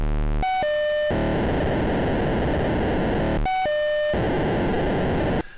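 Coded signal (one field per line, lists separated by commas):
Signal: POCSAG pager data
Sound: two harsh data bursts, each opening with a brief buzzy tone, then rough hiss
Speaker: does it sound like well here is an audio sample of a box AG transmission now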